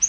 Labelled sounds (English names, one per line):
Yellow-rumped Warbler flight call